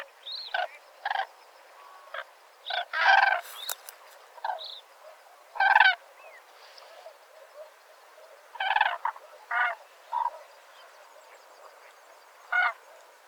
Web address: grus grus call